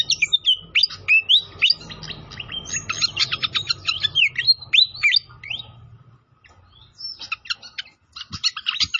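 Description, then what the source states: Pied fantail song of quick whistled slurs and crisp ticks in dense bursts, a brief lull, then more rapid chattering; gentle low background noise early on. Training recording (masteran) of a clear-voiced pied fantail.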